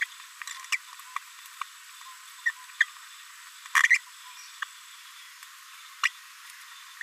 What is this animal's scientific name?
Forpus passerinus